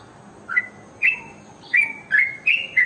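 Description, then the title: Oriental magpie-robin giving separate bright whistled notes, some slurred upward, spaced a fraction of a second apart, over a faint steady hiss. "Kicau Kacer"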